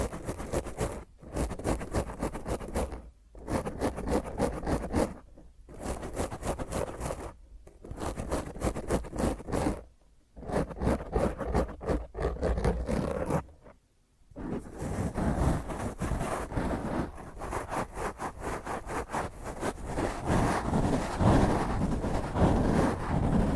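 Fingernails scratch roughly across a mic in dense, rapid strokes, broken by brief silences near 1, 3, 10 and 14 seconds, then growing louder.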